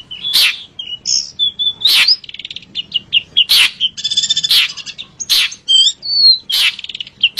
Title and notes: Kicau Burung Cendet